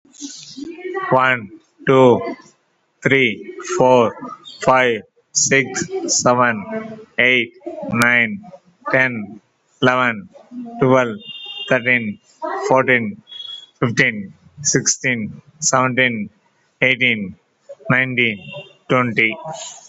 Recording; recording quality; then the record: counting at a normal pace; excellent, no background noise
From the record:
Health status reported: COVID-19 positive, mild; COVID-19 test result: positive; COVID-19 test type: RT-PCR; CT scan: not taken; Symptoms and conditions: sore throat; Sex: male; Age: 53 years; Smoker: no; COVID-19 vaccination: none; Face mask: not worn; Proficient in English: yes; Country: India